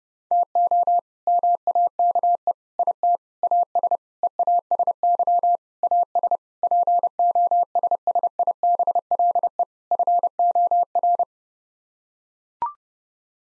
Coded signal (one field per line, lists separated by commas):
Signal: Morse code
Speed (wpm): 30 wpm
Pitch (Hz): 700 Hz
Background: none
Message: TO MAKE IT AS EASY AS POSSIBLE FOR